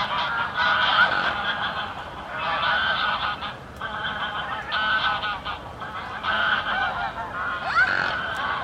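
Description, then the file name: Goose: geese honking in loud bursts, many birds calling together. Recorded at the Łężczok nature reserve. "rezerwat lezczok gesi i labedzie i spadajace zoledzie"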